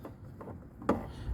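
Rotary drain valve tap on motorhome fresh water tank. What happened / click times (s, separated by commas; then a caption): The rotary tap clicked into its first detent / 0.9 s. A rotary drain/fill valve tap on the fresh water tank of a 2016 Burstner Travel Van 690G motorhome is turned clockwise from empty, with soft ticks before a sharp click at 0.9 s. The tap seats in its first detent, which limits the tank to 20 litres. Someone talks.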